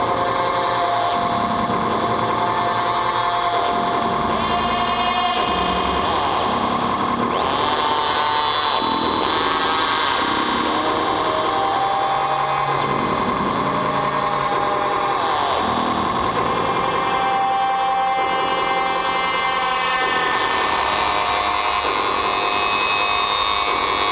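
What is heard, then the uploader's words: Analog space noise: a dense, unbroken synthetic drone, whining and mechanical in tone, like a drill or motor. Layered pitched tones shift and bend throughout, with slow swooping glides around seven and sixteen seconds, over a rumbling low bed, at constant loudness. Analog space noise.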